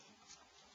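A plastic keymat bezel is handled over the slide assembly of a Nokia N80 phone, where it will hold the keypad mat in place. Only a faint, steady hiss is heard, with a slight swell around 0.3 seconds and no sharp snaps. Nothing has seated or clicked into place yet.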